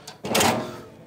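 A folding solid entry step on a 2020 Prime Time Avenger 27DBS travel trailer door frame is swung down. A light tap at 0.1 s and a rising clatter lead into a loud metal thunk at 0.4 s, when the step locks into place, followed by a fading ring. The step is seated and locked.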